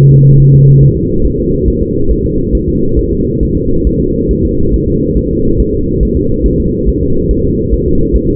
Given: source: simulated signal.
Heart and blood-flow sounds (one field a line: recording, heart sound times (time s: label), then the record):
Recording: fetal heart sounds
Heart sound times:
0.11 s: S2
0.40 s: S1
0.54 s: S2
0.83 s: S1
0.97 s: S2
1.25 s: S1
1.40 s: S2
1.68 s: S1
1.82 s: S2
2.11 s: S1
2.25 s: S2
2.55 s: S1
2.69 s: S2
2.99 s: S1
3.13 s: S2
3.43 s: S1
3.57 s: S2
3.87 s: S1
4.01 s: S2
4.31 s: S1
4.45 s: S2
4.74 s: S1
4.88 s: S2
5.17 s: S1
5.31 s: S2
5.60 s: S1
5.74 s: S2
6.03 s: S1
6.17 s: S2
6.46 s: S1
6.60 s: S2
6.88 s: S1
7.03 s: S2
7.31 s: S1
7.45 s: S2
7.74 s: S1
7.88 s: S2
8.16 s: S1
8.30 s: S2
From the record:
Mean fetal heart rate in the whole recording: 140 bpm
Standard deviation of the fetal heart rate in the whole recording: 2 bpm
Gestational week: 34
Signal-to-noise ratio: -16.4 dB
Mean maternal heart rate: 72 bpm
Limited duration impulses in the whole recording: present